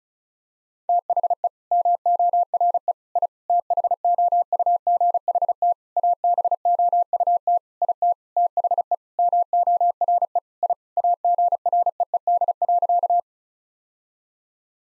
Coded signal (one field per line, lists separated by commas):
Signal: Morse code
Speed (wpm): 36 wpm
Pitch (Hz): 700 Hz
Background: none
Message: THE MORE I THOUGHT ABOUT IT THE MORE I AGREED.